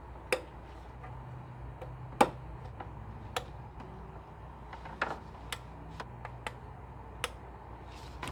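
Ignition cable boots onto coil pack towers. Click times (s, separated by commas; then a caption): 0.3 s, 2.2 s, 3.4 s, 5.0 s, 5.5 s, 7.2 s. Ignition cable boots are pushed one after another onto the coil pack towers of a new ignition coil pack on a 2008 Chrysler Town and Country 3.8L. Each gives a sharp, audible click when it is fully on, at 0.3, 2.2, 3.4, 5.0, 5.5 and 7.2 seconds, over a low steady hum. All six boots are seated on their towers.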